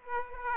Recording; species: mosquito wingbeat signal from an infrared sensor; Aedes aegypti